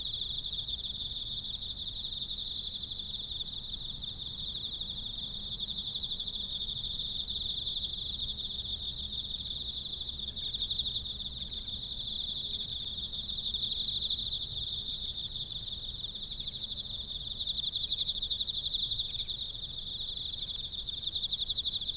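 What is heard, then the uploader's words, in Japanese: An Emma field cricket trills without a break for the whole stretch, a high, bright, rapidly pulsing song held at one steady pitch. It swells slightly louder toward the end, over a soft low rumble of noise. エンマコオロギ。ZOOM F6, Sennheiser MK。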